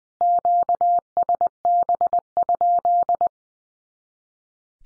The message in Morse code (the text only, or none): QSB?